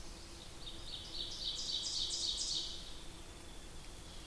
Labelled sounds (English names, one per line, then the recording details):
Ovenbird song
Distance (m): 35 m
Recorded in boreal forest in Alberta, Canada, on 8 June 2016 at 08:47
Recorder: SongMeter 3, array SBT-3-9
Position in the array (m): 44 m, 110 m
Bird 33